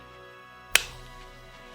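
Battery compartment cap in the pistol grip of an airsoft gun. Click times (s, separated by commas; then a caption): 0.8 s. A small cap beneath the pistol grip of an S&T M3A1 grease gun airsoft gun is pushed down, not unscrewed, to open the battery compartment. A single sharp click sounds at 0.8 s over a low steady hum, followed by a faint tap near the end. The battery cover latch clicks open and the compartment is released.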